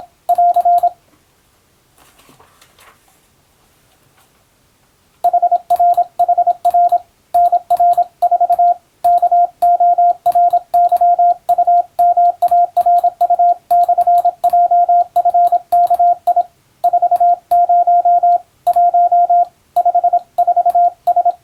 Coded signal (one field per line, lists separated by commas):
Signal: Morse code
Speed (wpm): 27 wpm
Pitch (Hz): 700 Hz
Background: radio noise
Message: <AR> HRHR NR4 KORYUMARU/JFKI 40 1 54S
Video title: モールス練習ビデオ、スマホ時代の今でも行われているモールスの国家試験の練習風景です。アマチュア無線ハムの受信練習にもどうぞ(morse code practice radio operator )